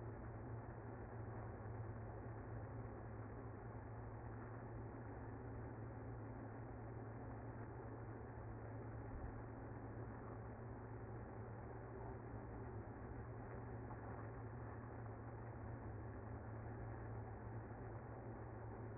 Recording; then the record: honeybee colony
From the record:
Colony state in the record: active